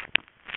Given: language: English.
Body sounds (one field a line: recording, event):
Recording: throat vibration sensor signal played as sound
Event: swallow